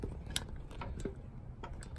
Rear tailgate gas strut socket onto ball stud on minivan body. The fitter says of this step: There we go It just snaps right in.